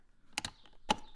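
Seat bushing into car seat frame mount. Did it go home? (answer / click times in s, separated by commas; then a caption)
yes / 0.4 s, 0.9 s. A replacement plastic seat bushing is pushed onto the frame mount of a BMW Z3 car seat, giving sharp plastic snaps at 0.4 s and 0.9 s among faint handling noise. The bushing pops into place and is seated.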